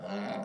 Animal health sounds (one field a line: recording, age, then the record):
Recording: pig call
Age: piglet (1 to 25 days)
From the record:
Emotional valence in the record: negative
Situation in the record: long isolation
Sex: female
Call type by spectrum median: low-frequency call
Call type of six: low-frequency modulated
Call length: 0.45 s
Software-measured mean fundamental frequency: 51 Hz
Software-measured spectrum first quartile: 247 Hz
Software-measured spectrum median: 557 Hz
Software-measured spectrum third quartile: 915 Hz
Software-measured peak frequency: 203 Hz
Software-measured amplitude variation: 83 dB a second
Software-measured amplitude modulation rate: 23.4 a second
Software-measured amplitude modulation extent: 3.5 dB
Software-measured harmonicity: 3.5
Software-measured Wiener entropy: -0.40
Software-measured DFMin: 725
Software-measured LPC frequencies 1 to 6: 638, 2047, 2824, 3804, 4341, 5614 Hz